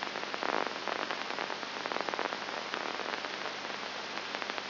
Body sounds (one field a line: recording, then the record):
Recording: brain microelectrode recording played as sound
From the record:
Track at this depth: inside the subthalamic nucleus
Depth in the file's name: 0.906 mm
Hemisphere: left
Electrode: 2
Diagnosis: Parkinson's disease